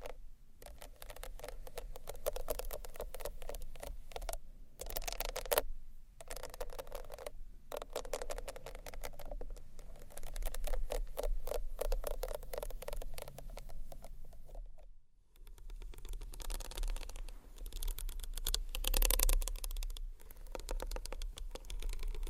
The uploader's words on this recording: ASMR Tiny Bottles Vs Textured Bag Which One You Choose（No Talking）.